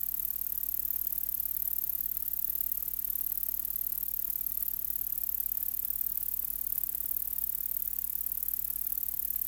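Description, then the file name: Large saw-tailed bush-cricket song: an unbroken, very high, hiss-like buzz that holds steady throughout, with a faint low electrical hum beneath. "Polysarcus denticauda"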